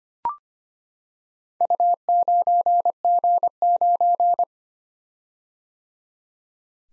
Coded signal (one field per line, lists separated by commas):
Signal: Morse code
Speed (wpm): 25 wpm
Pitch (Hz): 700 Hz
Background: none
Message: U9G9